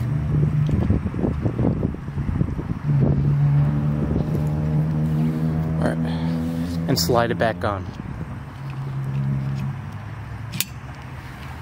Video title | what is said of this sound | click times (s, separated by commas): Honda Civic (10th Gen) - Replace Wiper Blades | you hear it click in you know it's on | 10.6 s